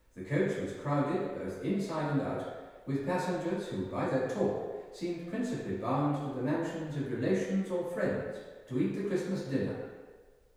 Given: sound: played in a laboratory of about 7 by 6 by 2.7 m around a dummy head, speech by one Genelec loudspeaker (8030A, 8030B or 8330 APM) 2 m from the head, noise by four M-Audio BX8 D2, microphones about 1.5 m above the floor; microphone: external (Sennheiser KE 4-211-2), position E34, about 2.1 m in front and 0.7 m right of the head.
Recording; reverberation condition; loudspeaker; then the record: male speech in English; high; 120 degrees to the right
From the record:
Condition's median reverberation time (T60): about 1300 ms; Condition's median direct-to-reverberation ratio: about -4.0 dB